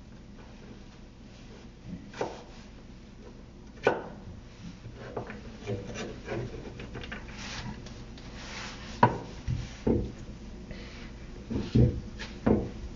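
Vegetables being cut while making curry, with knife strikes on a board landing irregularly: a few sharp knocks near 2, 4 and 9 seconds, then a quicker cluster around 10–13 seconds. Between cuts come softer scraping and rubbing sounds over a low steady hum.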